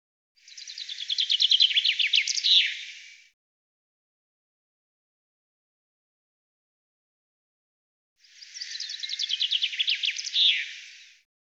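Common chaffinch song: two bright, descending rattling phrases about three seconds each, ending in a quick flourish, separated by several seconds of silence.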